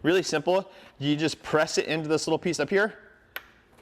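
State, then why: Seated. A man talks as the plastic cleaning-solution hose fitting with an O-ring is pressed into its socket on the nozzle of a Hart 3-in-1 wet/dry shampoo vac carpet extractor. A single sharp click is heard at 3.4 s as the fitting snaps into place, fully seated.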